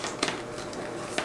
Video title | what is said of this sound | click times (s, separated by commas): Water Bath Canning Applesauce in Presto Precise Digital Pressure Canner #prestodigital A Success! | Okay, locked into place, Hamilton Beach. | 0.2 s, 1.2 s